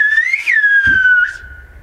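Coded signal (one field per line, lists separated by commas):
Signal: whistled language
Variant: Turkish whistled language (Kuş dili)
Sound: a single loud gliding whistle rising then falling, sustained about 1.8 seconds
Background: faint low rumble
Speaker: oraya çağırırdık ışıklıkla böyle kuş dili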